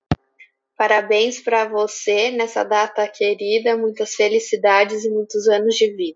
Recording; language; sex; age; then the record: short text; Brazilian Portuguese; female; 20 to 29 years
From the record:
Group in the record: control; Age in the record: 23 years